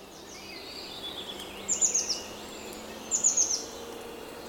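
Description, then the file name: Eurasian blue tit calls: two bursts of very high, thin, rapid notes about 1.5 seconds apart, with fainter falling whistles and hiss in the background. "Cyanistes caeruleus"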